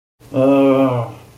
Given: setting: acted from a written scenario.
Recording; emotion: vocal sound without words; embarrassment